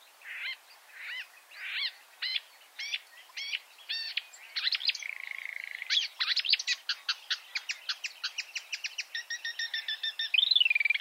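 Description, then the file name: Marsh warbler song opening with spaced chirps, then speeding into a dense chatter of rapid clicks and trills. "suara-kicauan-burung-marsh-warbler -omkicau"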